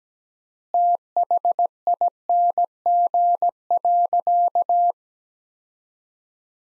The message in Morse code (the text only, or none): THING.